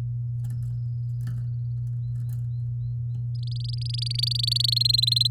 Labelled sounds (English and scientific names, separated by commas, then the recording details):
Domestic Canary (Serinus canaria) song
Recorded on 8 May 2018 at 07:09
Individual llb16